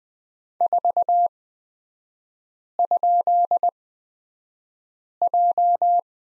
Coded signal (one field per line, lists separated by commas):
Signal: Morse code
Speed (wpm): 20 wpm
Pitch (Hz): 700 Hz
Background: none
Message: 4?J